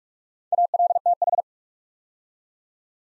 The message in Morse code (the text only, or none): ALTH